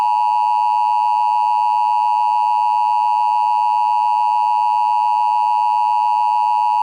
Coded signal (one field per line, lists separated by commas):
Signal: Emergency Alert System (SAME) tones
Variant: 853 and 960 Hz attention tone